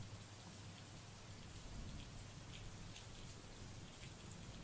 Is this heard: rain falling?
yes